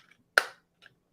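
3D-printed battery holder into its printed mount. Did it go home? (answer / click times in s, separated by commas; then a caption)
yes / 0.4 s. A 3D-printed battery holder part is pushed into its 3D-printed mount and snaps in with a single sharp, bright click at 0.4 s that decays over about 0.2 s. Faint small taps are heard before and after. The holder seats and grabs firmly in the mount.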